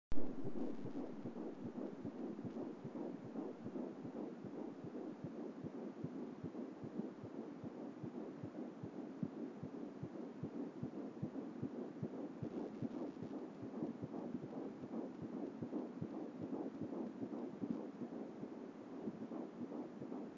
Baby heart beat.